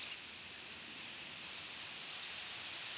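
Black-and-white warbler chip calls: four very high, sharp single notes spaced from about half a second to nearly a second apart, the last two softer, over steady hiss.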